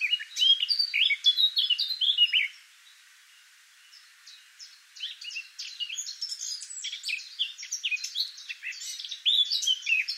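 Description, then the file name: Eurasian blackcap singing: a loud, hurried warble of varied notes, a short silence, then a second warbling phrase that grows stronger to the end. "Sylvia atricapilla"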